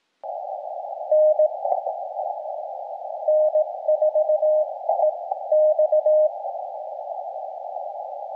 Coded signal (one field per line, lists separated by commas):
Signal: Morse code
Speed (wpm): 17 wpm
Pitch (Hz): 620 Hz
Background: radio noise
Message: N N4EX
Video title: 2. Save by North America DX This Day on CW POTA Activation